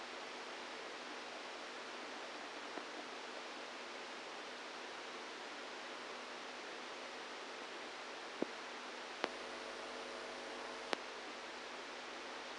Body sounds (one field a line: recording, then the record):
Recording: brain microelectrode recording played as sound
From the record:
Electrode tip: outside the subthalamic nucleus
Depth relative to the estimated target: 1 mm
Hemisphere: right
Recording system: NeuroSet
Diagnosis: Parkinson's disease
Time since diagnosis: 27 years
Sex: male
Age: 62 years